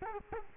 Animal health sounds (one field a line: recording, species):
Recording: mosquito wingbeat signal from an infrared sensor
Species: Culex quinquefasciatus